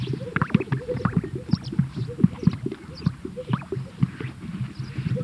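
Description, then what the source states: Greater sage-grouse display sounds: dense, overlapping low popping and bubbling notes with quick gurgling swoops, several birds calling at once throughout. Recorded at a lek.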